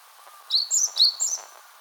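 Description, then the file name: Great tit singing two quick high two-note phrases in a steady, ringing rhythm over faint background hiss. "Parus major"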